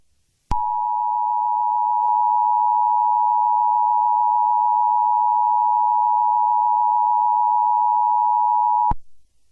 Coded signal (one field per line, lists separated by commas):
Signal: Emergency Alert System (SAME) tones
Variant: 853 and 960 Hz attention tone